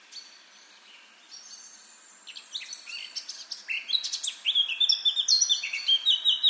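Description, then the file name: Eurasian blackcap song: a quiet, thin twitter that grows into a strong, fluty whistled finish. "Sylvia atricapilla"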